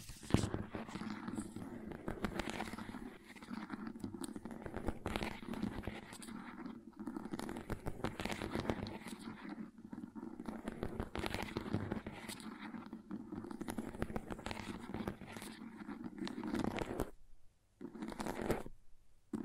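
Crayons tap, scrape and scratch in a dense, busy run of rough strokes and quick clicks, pausing briefly near seventeen seconds.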